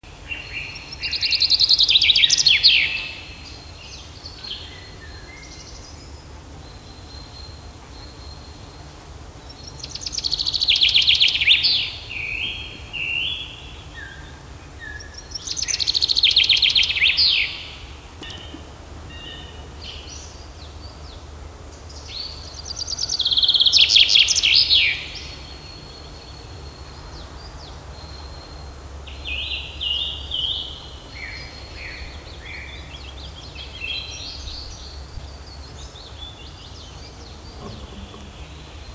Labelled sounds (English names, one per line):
Common Chaffinch song